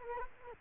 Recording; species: mosquito wingbeat signal from an infrared sensor; Culex quinquefasciatus